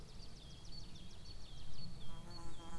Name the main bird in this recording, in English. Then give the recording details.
Great Tit. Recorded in Germany. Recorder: ecoPi